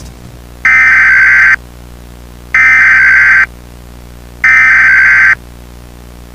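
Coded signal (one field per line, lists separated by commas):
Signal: Emergency Alert System (SAME) tones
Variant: header bursts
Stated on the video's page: Fictional tornado EAS scenario using valid EAS tones.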